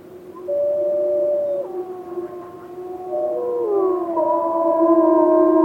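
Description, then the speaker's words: Gray wolf: gray wolves howling together, long tones layered at different pitches, some sliding up or down. Lamar Canyon wolf pack in Yellowstone, recorded in January from the road, from a car. "Yeah, so those wolves, those were the Lamar Canyon pack. I recorded that this past January from the road."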